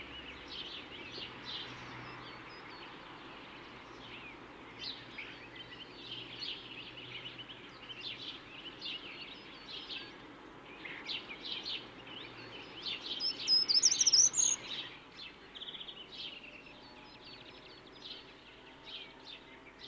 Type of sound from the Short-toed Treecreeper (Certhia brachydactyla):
song